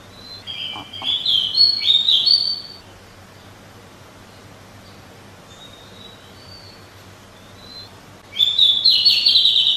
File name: suara kicauan burung decu. omkicau